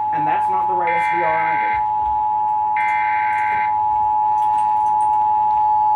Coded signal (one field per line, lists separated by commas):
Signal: Emergency Alert System (SAME) tones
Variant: 853 and 960 Hz attention tone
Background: speech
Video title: EAS Compilation: Satanic Severity (8/31/24) EAS 2600-2650